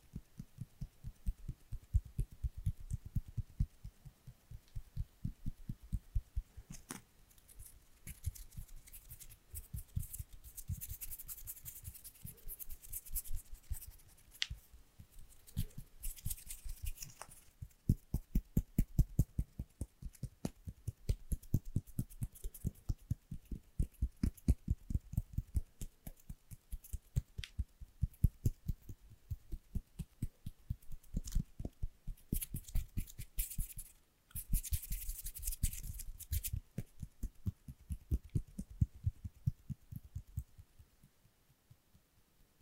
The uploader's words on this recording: Gentle/Fast tapping on all things Apple. You'll hear me tapping HomePod mini, Magic Keyboards, different MacBooks, awesome product boxes and cases that make amazing sounds etc.